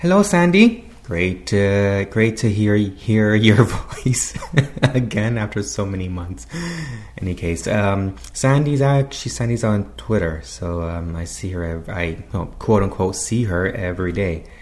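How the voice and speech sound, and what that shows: A low-pitched adult male voice greets someone with repeated phrases and words ('great to… great to', 'hear… hear'), stretched sounds and brief hesitations, then runs on more smoothly. These repetitions and prolongations are typical disfluencies of stuttering, mild in this stretch.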